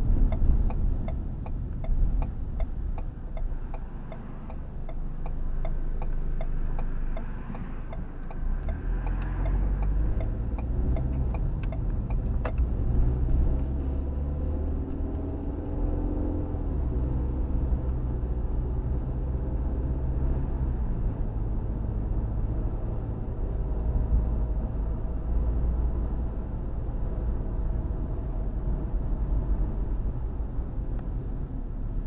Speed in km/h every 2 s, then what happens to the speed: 15, 0, 0, 2, 11, 19, 26, 32, 37, 40, 44, 45, 47, 45, 40, 31.
0-2 brakes to 0. 2-6 standing. 6-21 pulls away to 45. 21-27 steady at about 45. 27-32 brakes to 31.